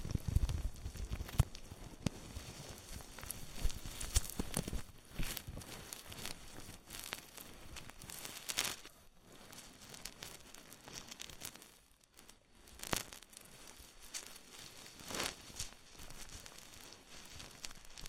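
An ear massage with oil and foam: dense crinkly, squishy rubbing fills the clip with rapid, irregular crackles and pops. A few louder knocks come early, near the first two seconds, and the rubbing briefly thins and quiets around twelve seconds before resuming.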